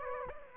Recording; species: mosquito wingbeat signal from an infrared sensor; Aedes aegypti